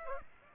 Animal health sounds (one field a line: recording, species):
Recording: mosquito wingbeat signal from an infrared sensor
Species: Aedes aegypti